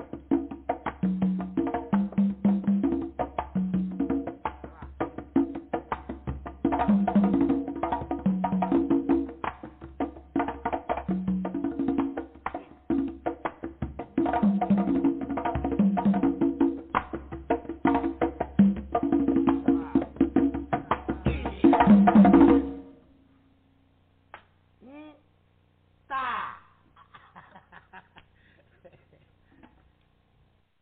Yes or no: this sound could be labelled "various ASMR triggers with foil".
no